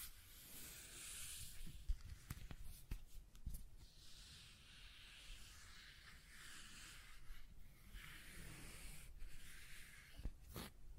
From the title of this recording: Scratching and Tracing Sounds